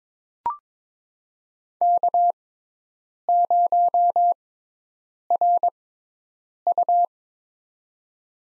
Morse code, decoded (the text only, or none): K0RU